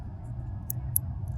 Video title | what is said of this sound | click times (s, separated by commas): Adding Paddle Shifters to my MANUAL M4 | it's going to slide in all the way. You'll hear it click. | 0.7 s, 1.0 s